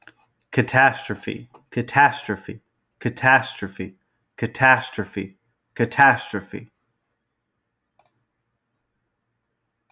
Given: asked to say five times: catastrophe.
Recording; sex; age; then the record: repeated word; male; 20 to 29 years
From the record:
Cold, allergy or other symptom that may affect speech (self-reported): no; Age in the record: 27 years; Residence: South Carolina, United States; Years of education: 13